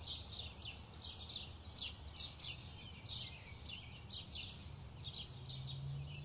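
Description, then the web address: Chorus of birds giving rapid high chirps in loose bursts, a low droning rumble underneath. Bird chirping ambience. "SFXBible animals-birds-chirp-ambience"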